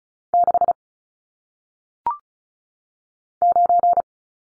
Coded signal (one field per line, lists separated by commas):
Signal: Morse code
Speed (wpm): 36 wpm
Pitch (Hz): 700 Hz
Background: none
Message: 6 9